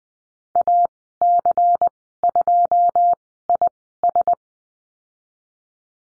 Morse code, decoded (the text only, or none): AC2IS